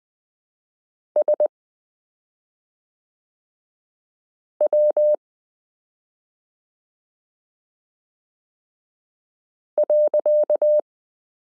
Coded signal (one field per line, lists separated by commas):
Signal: Morse code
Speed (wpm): 20 wpm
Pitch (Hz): 600 Hz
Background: none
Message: S W .